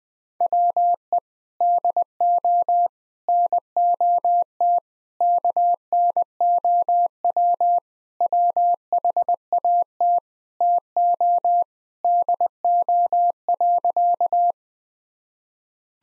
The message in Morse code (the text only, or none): WE DO NOT KNOW WHAT TO DO.